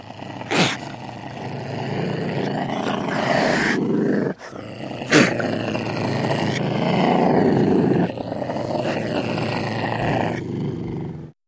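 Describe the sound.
Ocelot growling in long, rough, rasping bursts, broken by two sharp clicks near the start and middle, with a short pause before the growling resumes.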